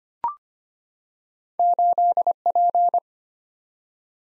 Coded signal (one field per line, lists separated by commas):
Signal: Morse code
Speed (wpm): 25 wpm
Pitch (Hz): 700 Hz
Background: none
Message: 8P